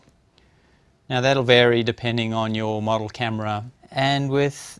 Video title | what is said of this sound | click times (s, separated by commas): 01whatsadslr720p | and that makes connection, and then we rotate it and it clicks into place. | 0.4 s